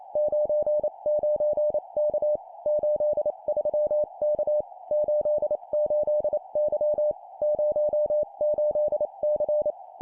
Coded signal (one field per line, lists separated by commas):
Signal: Morse code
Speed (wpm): 28 wpm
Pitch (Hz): 600 Hz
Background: none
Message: 99K 83K 88Y 08C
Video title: 25wpm Three letter words number,number,letter, improve cw morse code copy speed